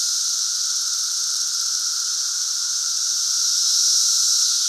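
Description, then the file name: Cicadas in a dense, continuous chorus, a steady high hissing drone with a lower whining hum beneath, swelling slightly near the end. Chorus during the 2024 220-year cicada emergence. "Lincoln's Cabin Cicadas"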